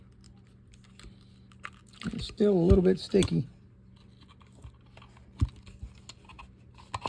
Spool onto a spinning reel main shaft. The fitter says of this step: And slide that down. And it snaps into place.